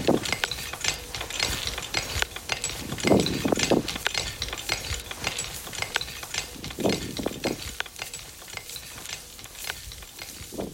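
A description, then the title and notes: Stone masons at work: a dense run of scraping, tapping and gritty clatter, with sharp knocks scattered irregularly throughout. Heavier scraping bursts stand out around three to four seconds and again near seven, over a low, steady background rumble. We encounter stone masons working on erecting a few more hotels.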